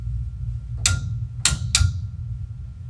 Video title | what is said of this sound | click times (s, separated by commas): How to use the ServoLock Tool on a conventional Weinig Moulder | as it tightens you'll hear three clicks | 0.9 s, 1.5 s, 1.7 s